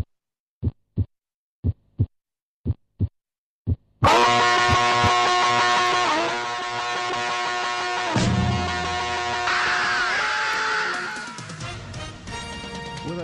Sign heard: Normal heart sound.